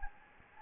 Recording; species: mosquito wingbeat signal from an infrared sensor; Anopheles gambiae